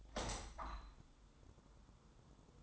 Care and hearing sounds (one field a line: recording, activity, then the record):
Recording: daily activity, microphone in the room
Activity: open window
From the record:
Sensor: 3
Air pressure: 1004.6 hPa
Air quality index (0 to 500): 97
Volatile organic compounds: 3 ppm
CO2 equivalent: 1513 ppm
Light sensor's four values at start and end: 7/16/6/6 and 7/16/6/6